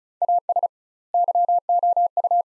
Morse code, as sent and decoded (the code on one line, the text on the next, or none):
.- ... / -.-- --- ..-
AS YOU